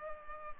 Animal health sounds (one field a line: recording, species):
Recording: mosquito wingbeat signal from an infrared sensor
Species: Culex pipiens